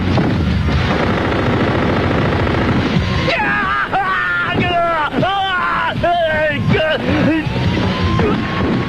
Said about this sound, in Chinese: 他灵敏地从地上捡起司机掉落的手枪，与抢劫犯对射起来。